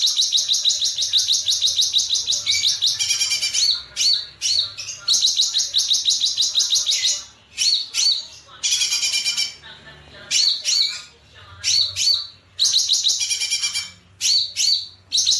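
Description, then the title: Streaked spiderhunter song, a loud fast stream of high chattering notes broken by clusters of sharp short notes, the pattern repeating throughout. Long, clear, vigorous singing; tutor song for training songbirds. "Pijantung Gunung Gacor Jernih Panjang"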